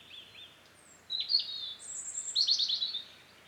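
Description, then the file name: European robin song, a soft opening, then high sliding whistles and a rapid sparkling trill of descending notes, all high-pitched with a faint background hiss. "Erithacus rubecula"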